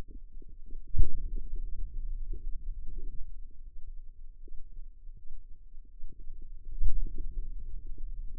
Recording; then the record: forearm muscle sounds (acoustic myography)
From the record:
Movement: finger pinch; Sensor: system 2, bracelet of six BSWA MPA416 microphones around the upper forearm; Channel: 5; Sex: female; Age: 25 years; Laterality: right